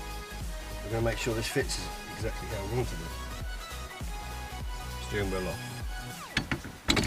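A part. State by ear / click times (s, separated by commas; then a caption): seated / 6.4 s, 6.5 s, 6.9 s. A steering wheel is pushed onto a D1 Spec quick release boss hub on a 350Z while music plays and someone talks. Sharp clicks are heard at 6.4, 6.5 and 6.9 seconds as the wheel locks onto the hub. The wheel is seated.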